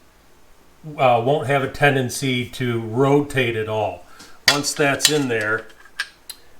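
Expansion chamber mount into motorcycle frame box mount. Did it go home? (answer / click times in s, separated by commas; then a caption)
yes / 6.0 s, 6.3 s. A HYGGE expansion chamber's mount bracket on a CR500AF motorcycle is set against the frame box mount so it indexes and cannot rotate. Someone talks for most of the clip, then two short metallic ticks are heard at 6.0 and 6.3 seconds. The chamber mount is seated and locked into place.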